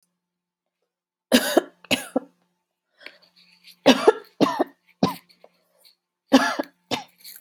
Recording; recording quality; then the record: heavy voluntary cough; excellent, no background noise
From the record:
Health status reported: healthy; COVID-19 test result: not tested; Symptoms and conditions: none ticked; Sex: female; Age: 30 years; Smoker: not ticked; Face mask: not worn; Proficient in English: yes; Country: United States